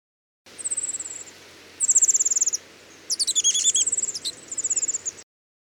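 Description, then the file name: Warbler alarm call: four separate bursts of rapid, high, dry ticking notes, most lasting under a second, with short pauses between them. "suara alarm burung cikrakperi biru omkicau"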